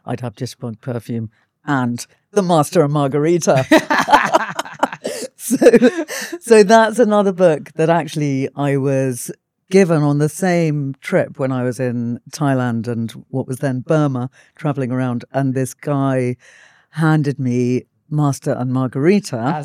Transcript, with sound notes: I’d have Jitterbug Perfume and The Master and Margarita. [both laugh] So, that’s another book that, actually, I was given on the same trip when I was in Thailand and what was then Burma, travelling around, and this guy handed me Master and Margarita.